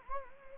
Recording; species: mosquito wingbeat signal from an infrared sensor; Anopheles gambiae